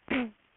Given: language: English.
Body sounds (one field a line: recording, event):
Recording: throat vibration sensor signal played as sound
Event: throat clearing